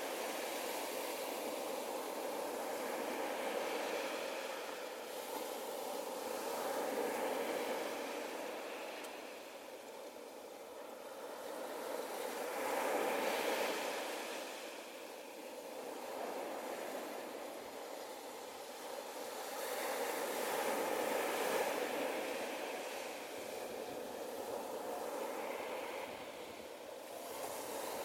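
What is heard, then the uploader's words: Ocean waves wash in a steady, dense roar that swells and recedes roughly every seven or eight seconds, without any sharp crashes. 1 Hour Ocean Wave Sounds.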